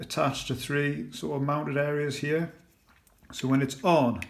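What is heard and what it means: Someone talks while handling two halves of a replacement motor housing for a Solari Cifra 3 clock, lining up three pins with three mounting points on the mating mount. The parts are handled but not yet pushed home, and nothing has seated or clicked yet.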